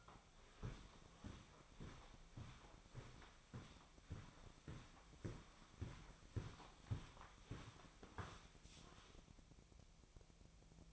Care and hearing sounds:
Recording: daily activity, microphone in the room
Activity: walk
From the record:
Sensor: 1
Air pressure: 1009.4 hPa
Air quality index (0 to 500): 186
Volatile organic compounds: 4 ppm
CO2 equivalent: 1571 ppm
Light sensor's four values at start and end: 52/138/57/69 and 51/138/56/68

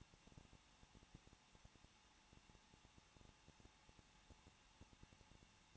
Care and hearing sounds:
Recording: daily activity, microphone in the room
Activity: no activity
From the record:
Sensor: 1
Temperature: 20.1 degrees Celsius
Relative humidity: 39.1%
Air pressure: 1006.4 hPa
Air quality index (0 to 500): 216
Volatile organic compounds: 73 ppm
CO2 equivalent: 3550 ppm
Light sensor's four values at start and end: 1/2/1/1 and 1/2/1/1

